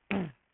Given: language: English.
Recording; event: throat vibration sensor signal played as sound; throat clearing